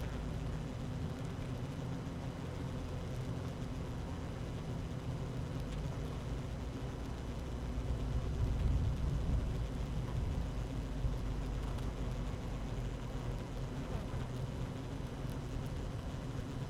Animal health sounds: honeybee colony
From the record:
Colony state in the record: active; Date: 12 June 2018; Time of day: 12:29

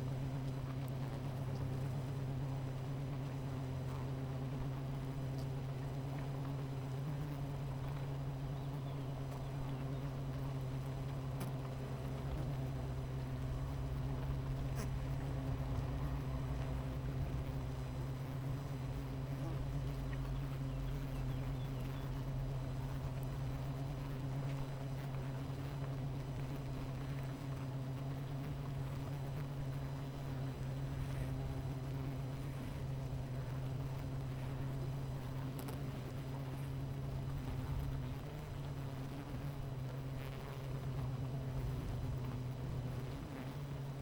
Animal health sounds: honeybee colony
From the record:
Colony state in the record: missing queen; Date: 14 July 2017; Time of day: 11:14

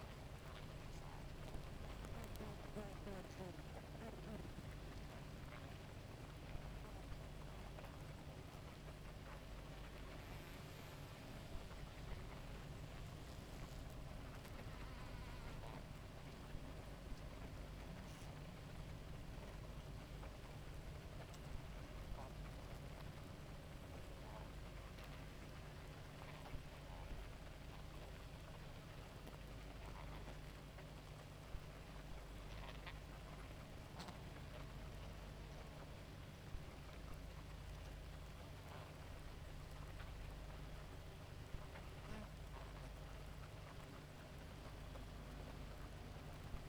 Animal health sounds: honeybee colony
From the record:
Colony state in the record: active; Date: 28 July 2017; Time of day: 2:56

